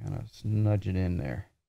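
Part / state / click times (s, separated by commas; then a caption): cable plug into connector socket inside a steering wheel / not seated / none. A small plastic wiring plug is nudged by hand into its socket inside a Simagic GT4 Carbon sim racing wheel, gripped by the back of the plastic while someone talks. Nothing has seated or clicked yet in this 1.7-second clip.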